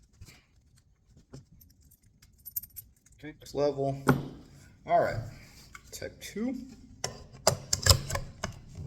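The new, thicker, heavier-duty jaw of a Ford rear-view-mirror removal tool is fitted and tightened onto the mirror mount. Someone talks over light metallic handling ticks and jangling, and a cluster of sharper ticks comes near the end. Nothing has seated or clicked yet when the clip ends.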